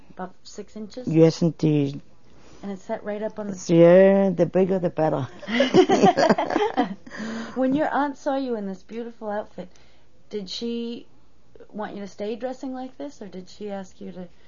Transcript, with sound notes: Up to six inches?
Yes, indeed.
And it sat right up on the...
Yeah, the bigger the better. ( they laugh )
When your aunt saw you in this beautiful outfit did she want you to stay dressing like this, or did she ask you to...